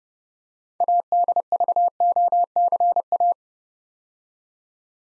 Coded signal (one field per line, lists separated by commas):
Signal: Morse code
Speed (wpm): 30 wpm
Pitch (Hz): 700 Hz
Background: none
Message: ADVOCA